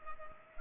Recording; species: mosquito wingbeat signal from an infrared sensor; Culex pipiens